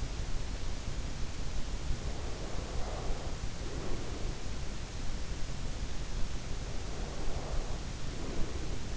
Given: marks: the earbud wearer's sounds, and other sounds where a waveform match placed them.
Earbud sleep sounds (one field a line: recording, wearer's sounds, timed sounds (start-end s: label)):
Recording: sounds in sleep by an in-ear microphone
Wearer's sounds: breath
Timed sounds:
2.00-4.63 s: breath
6.74-8.97 s: breath